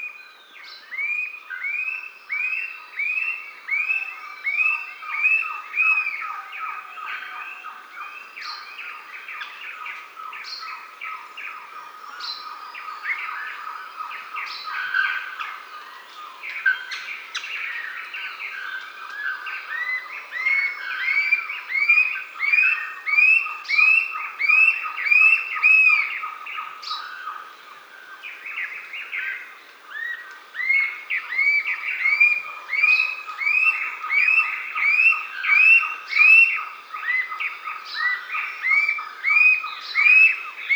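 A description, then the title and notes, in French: Dawn in a coastal forest in Brazil brings a dense, unbroken chorus of repeated chirps and pulsed calls, probably frogs and birds layered together in a bright middle-high range. The rhythmic calling swells and eases in waves, growing busier after about thirty seconds. A l'aube dans une forêt côtière (Brésil) by SolWind.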